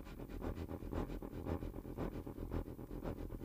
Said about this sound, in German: In diesem kritischen Moment ächzt, stöhnt und niest ein Zug heran.